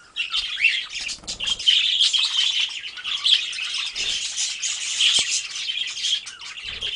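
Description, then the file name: Budgerigar chattering as a flock, a dense continuous mass of high chirps and squeaky warbles overlapping without pause, with a few soft low thumps. A flock of parakeets calling together. "suara parkit rombongan. omkicau"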